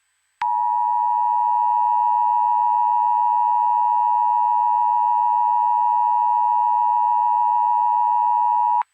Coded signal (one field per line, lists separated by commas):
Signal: Emergency Alert System (SAME) tones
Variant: 853 and 960 Hz attention tone